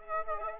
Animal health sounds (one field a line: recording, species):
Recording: mosquito wingbeat signal from an infrared sensor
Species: Aedes aegypti